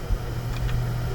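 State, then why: Not seated. A steel drill bit is handled as it is pushed toward a 3D-printed plastic magnetic bit holder on a Makita LXT 18V cordless drill attachment. A steady low hum and broadband noise fill the clip, with faint brief higher-pitched touches around 0.6 and 0.7 seconds. The bit has not seated or clicked into the holder yet.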